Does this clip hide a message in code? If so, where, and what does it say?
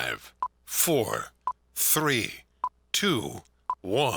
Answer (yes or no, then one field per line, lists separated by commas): no